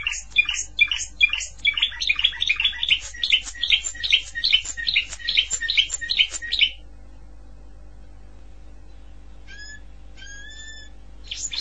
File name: Canary Voice